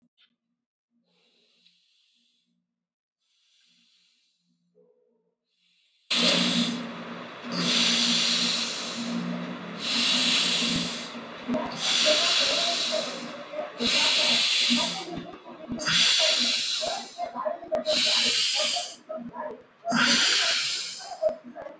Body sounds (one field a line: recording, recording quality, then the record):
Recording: deep breathing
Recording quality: excellent, no background noise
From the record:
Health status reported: healthy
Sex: male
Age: 21 years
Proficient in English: yes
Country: India